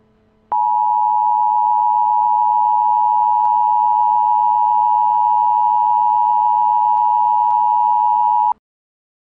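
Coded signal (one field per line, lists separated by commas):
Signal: Emergency Alert System (SAME) tones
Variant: 853 and 960 Hz attention tone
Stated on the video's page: Fictional EAS scenario, simulated alert about a Cascadia Subduction Zone earthquake.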